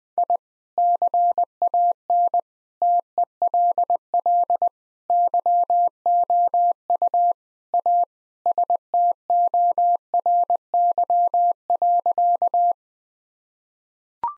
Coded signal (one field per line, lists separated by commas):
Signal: Morse code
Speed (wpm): 21 wpm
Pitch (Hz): 700 Hz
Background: none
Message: I CAN TELL YOU A STORY.